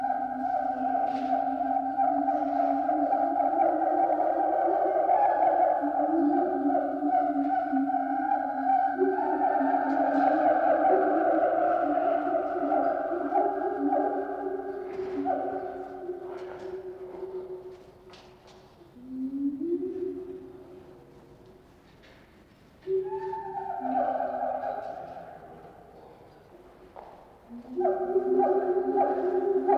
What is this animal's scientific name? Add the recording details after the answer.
Symphalangus syndactylus. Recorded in captivity. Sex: pair. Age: adult. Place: Zoo Berlin, Berlin, DE. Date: 1989-03-22. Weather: bedeckt, 5-8°C. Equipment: Sony WM-D6C, Kopie 19 cm. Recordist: Tembrock, Günter. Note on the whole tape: Paar-Rufen (hinter Glas)